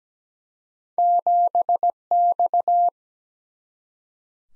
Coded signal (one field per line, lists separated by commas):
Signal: Morse code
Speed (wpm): 17 wpm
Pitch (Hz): 700 Hz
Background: none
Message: 7X